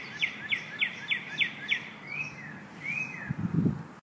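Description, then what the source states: Northern cardinal song: six clear down-slurred whistles repeated about three times a second, then a few softer slurred notes, with a low rumble near the end. Morning song.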